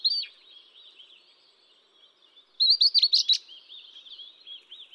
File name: 栗背林鴝